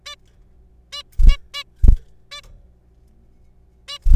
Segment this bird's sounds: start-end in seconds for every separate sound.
0.06-0.15, 0.93-1.03, 1.29-1.37, 1.54-1.64, 2.31-2.41, 3.88-3.98